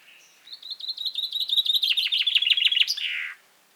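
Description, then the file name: Common chaffinch song: a fast run of bright notes, slightly descending into a rattling series and ending in a brief downward flourish. "Fringilla coelebs"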